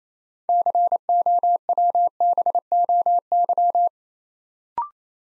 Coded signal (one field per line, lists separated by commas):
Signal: Morse code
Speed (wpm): 29 wpm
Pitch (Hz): 700 Hz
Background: none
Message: COWBOY